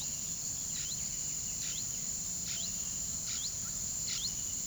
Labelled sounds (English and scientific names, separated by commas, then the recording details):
Blue-headed Parrot (Pionus menstruus)
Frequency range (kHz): Blue-headed Parrot (Pionus menstruus) 0.9-5.9 kHz
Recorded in pastures near Puerto Asís, Putumayo, Colombia, on 20 February 2024 at 07:00
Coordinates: 0.486, -76.323
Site G6462